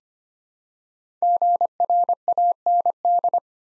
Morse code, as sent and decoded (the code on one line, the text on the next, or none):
--. .-. .- -. -..
GRAND